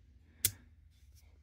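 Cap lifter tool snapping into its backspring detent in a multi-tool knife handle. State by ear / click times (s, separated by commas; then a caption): seated / 0.4 s. The cap lifter/screwdriver tool of a walnut-handled Victorinox Spartan Hardwood Swiss Army Knife (1.3601.63) is opened or closed and snaps into its detent against the backspring with one sharp, bright click at 0.5 s, rated about seven to eight for its snap. It seats firmly, and only faint low background noise and a couple of soft ticks follow.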